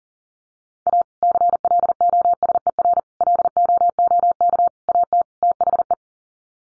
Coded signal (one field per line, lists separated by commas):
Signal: Morse code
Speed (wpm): 40 wpm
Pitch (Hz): 700 Hz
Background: none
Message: A CLOSER LOOK AT THE